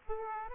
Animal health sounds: mosquito wingbeat signal from an infrared sensor; Aedes aegypti

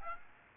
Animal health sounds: mosquito wingbeat signal from an infrared sensor; Aedes aegypti

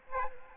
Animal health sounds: mosquito wingbeat signal from an infrared sensor; Aedes aegypti

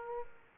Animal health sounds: mosquito wingbeat signal from an infrared sensor; Aedes aegypti

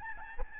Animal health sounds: mosquito wingbeat signal from an infrared sensor; Aedes albopictus

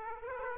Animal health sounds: mosquito wingbeat signal from an infrared sensor; Aedes aegypti

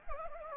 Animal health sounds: mosquito wingbeat signal from an infrared sensor; Anopheles gambiae

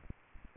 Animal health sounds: mosquito wingbeat signal from an infrared sensor; Aedes aegypti

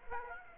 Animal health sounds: mosquito wingbeat signal from an infrared sensor; Aedes aegypti

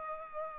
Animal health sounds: mosquito wingbeat signal from an infrared sensor; Culex pipiens

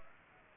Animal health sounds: mosquito wingbeat signal from an infrared sensor; Aedes aegypti

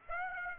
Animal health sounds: mosquito wingbeat signal from an infrared sensor; Aedes aegypti

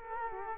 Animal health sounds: mosquito wingbeat signal from an infrared sensor; Culex quinquefasciatus

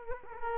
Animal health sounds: mosquito wingbeat signal from an infrared sensor; Culex quinquefasciatus

